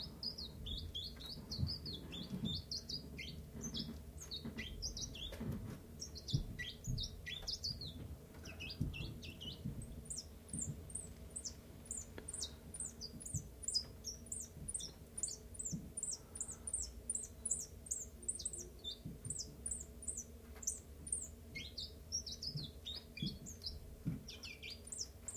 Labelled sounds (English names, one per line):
Common Chiffchaff